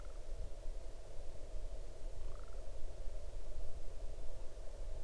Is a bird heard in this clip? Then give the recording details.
yes. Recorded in the Arctic National Wildlife Refuge, Alaska, on 8 June 2019 at 00:52. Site 40